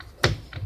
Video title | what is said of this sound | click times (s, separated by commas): Angle Grinder Unboxing And First Impressions in Hindi | है, इसको हम जैसे ही दबाते हैं तो ये लॉक हो जाता है। | 0.2 s